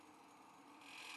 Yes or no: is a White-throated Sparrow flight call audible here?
no